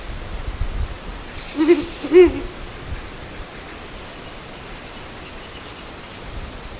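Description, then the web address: Ural owl calling two deep, low hoots about half a second apart, the second a little stronger, then quiet hiss. "agykontroll Madardalok Cd 1. Uráli bagoly"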